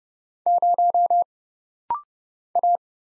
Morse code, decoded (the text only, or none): 0 A